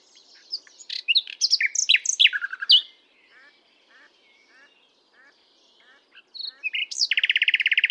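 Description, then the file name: Common nightingale in song, a tumbling phrase of varied notes, soft spaced clicks, then a fast machine-gun trill of identical notes. "Luscinia megarhynchos"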